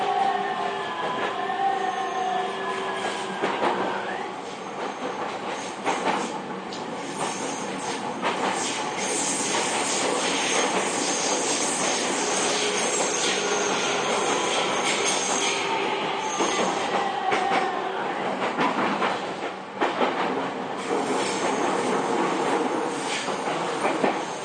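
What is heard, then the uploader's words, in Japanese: A JR East E231 series train runs between Itō and Yokohama, its steady rumbling roar filling the whole clip at an even loudness. Sustained tones rise and fall over the noise, like motor whine and wheel squeal, most clearly in the first few seconds and around 17 seconds. JRE231系 伊東〜横浜。区間は伊東線→東海道線です。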